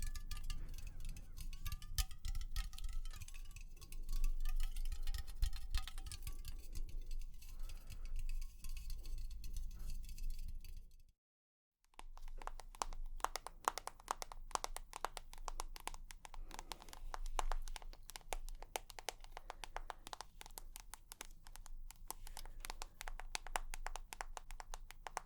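Tapping, fast and dense, fills most of the clip: after a brief dead silence around eleven seconds, quick sharp taps run steadily to the end. Before the break, sparser taps sit under a low rumble and a wavering, thin whistling tone.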